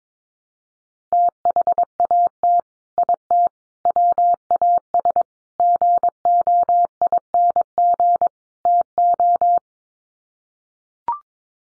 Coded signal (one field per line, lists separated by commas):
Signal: Morse code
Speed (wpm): 22 wpm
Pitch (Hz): 700 Hz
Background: none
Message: THAT IT WAS GOING TO